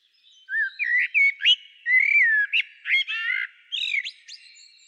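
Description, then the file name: Common blackbird with a flowing, whistled warble of mellow slurred notes and high squeaky accents. "Turdus merula"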